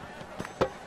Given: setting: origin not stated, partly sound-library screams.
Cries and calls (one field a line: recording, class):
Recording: one-second piece from a danger detection set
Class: normal situation